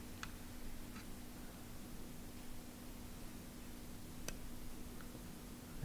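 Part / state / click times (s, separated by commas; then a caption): wire connector into synth sub board / seated / 0.2 s, 4.3 s. A wire connector coming from the output board of a Monotribe synth being fitted with mad²mods is inserted into the sub board and pushed until it clicks into place. Sharp, brief clicks are heard at 0.2 s and 4.3 s over a steady low hum and faint background noise, and the connector is seated.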